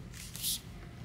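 A plastic cleaning accessory, a brush or filter, is pushed into its holder on the base station of an Osotek Horizon H200 self-cleaning vacuum and mop. Over a steady low hum, a short bright scraping hiss rises at about 0.4 s and fades by 0.6 s as the part slides in. Nothing has seated or clicked yet.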